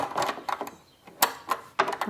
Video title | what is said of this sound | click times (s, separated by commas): Brother X3 sewing machine tutorial | onto this post like that until it clicks | 1.2 s, 1.8 s